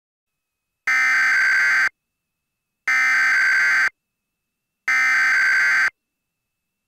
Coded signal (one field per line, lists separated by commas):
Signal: Emergency Alert System (SAME) tones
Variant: header bursts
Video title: EAS Mock #18: The Cascade's Big One